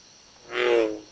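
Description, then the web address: American bullfrog producing a single swelling, throaty croak that fades out. "Frog Lithobates Catesbeianus"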